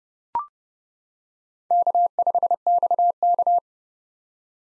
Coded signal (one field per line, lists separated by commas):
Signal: Morse code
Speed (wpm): 30 wpm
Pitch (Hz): 700 Hz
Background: none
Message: K5XK